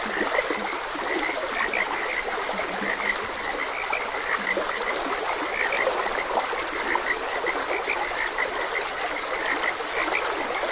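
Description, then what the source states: Frog croaks pulse without pause in a thick chorus, occasional deeper notes early on, while flowing water hisses throughout. Frogs croaking beside a gentle stream.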